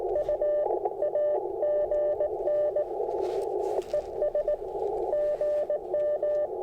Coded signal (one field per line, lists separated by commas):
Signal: Morse code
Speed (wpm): 19 wpm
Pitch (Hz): 600 Hz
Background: none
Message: U AGN ES GM